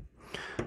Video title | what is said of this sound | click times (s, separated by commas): Vilros Raspberry Pi 4 Kit Assembly and review | and here we have our snap | 0.3 s